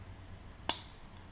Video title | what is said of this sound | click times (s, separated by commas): The Swiss Army "Rucksack" in Red - Next72Hours - Thanks to NotUNotMe | where it clicks into place so there's lots of fake uh fake | 0.7 s